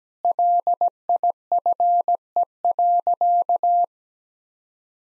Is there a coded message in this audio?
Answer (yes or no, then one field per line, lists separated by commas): yes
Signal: Morse code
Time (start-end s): 0.2-3.8 s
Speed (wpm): 17 wpm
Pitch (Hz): 700 Hz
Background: none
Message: LIFE.